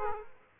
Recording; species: mosquito wingbeat signal from an infrared sensor; Aedes aegypti